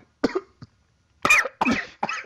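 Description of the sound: Four forceful, harsh coughs in quick succession with a brief catch between, a short coughing fit from an adult man that came on after he got heated while talking.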